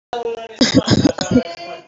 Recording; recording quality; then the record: shallow voluntary cough; excellent, no background noise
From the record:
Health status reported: healthy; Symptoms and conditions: fever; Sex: female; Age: 22 years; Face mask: worn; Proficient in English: yes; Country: India